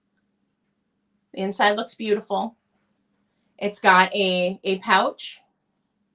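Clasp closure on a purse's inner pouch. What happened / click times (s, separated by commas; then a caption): The clasp has not clicked shut yet; only talk is heard / none. A clasp on the inner pouch of a vintage leather purse is handled but not yet closed, as someone talks in two bursts from about 1.3 to 2.5 seconds and 3.6 to 5.4 seconds. Nothing has seated or clicked yet.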